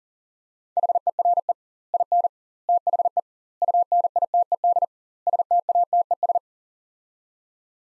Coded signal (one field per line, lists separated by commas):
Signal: Morse code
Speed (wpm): 37 wpm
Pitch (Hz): 700 Hz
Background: none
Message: HERE IN THE UNITED STATES